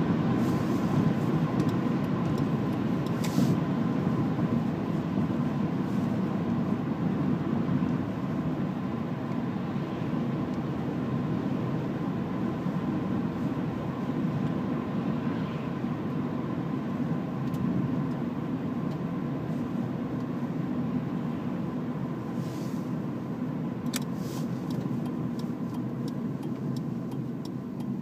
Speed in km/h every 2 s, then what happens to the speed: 79, 78, 73, 68, 68, 68, 66, 62, 64, 58, 53, 53, 41, 30.
0-6 slows to 68. 6-17 steady at about 66. 17-26 brakes to 30.